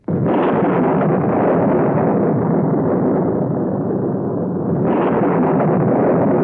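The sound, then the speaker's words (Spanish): A thunderstorm in a dramatization of The Canterville Ghost, with a loud, steady roar of heavy rain and deep rumbling thunder throughout, swelling again with a fresh burst near the end; no voices. “Voy a descargar una horrible tormenta.”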